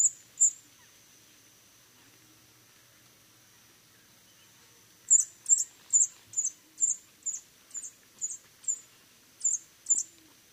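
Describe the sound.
Rufous-throated sapphire calls: very high, thin ticking notes, two at the start, then a quick run of about a dozen chips after a pause.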